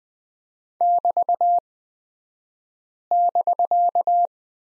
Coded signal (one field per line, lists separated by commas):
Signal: Morse code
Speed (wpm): 20 wpm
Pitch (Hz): 700 Hz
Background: none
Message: <BT><BK>